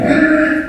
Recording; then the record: squeal of a Yucatan mini pig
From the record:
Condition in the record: after surgery on the right vocal fold (resection and tissue-engineered implant); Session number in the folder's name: 4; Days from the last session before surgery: 26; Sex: female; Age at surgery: 19 weeks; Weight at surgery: 25 kg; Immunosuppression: prednisolone